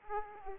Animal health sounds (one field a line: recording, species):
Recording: mosquito wingbeat signal from an infrared sensor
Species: Aedes aegypti